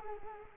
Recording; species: mosquito wingbeat signal from an infrared sensor; Culex quinquefasciatus